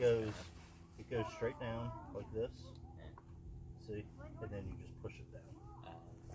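Someone talks while a small clip or fitting is set straight down onto a hoop house panel or post and pushed down toward locking into place. A brief sharp tick sounds at about 3.2 s over a steady low hum. Nothing has seated or clicked yet by the end.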